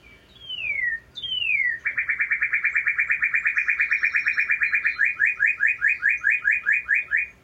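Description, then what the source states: Northern Cardinal song: two clear down-slurred whistles, then a fast run of repeated clipped notes that slows into a series of separate slurred chirps near the end. Speaker's own mnemonic for the song: 'cheers, cheers, cheers, drink, drink, drink'.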